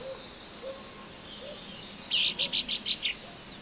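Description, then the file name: Common chaffinch call: one rapid series of about six clipped, high notes, with soft faint bird sounds in the background. "Fringilla coelebs"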